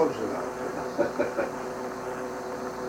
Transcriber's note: chuckles